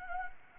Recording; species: mosquito wingbeat signal from an infrared sensor; Anopheles gambiae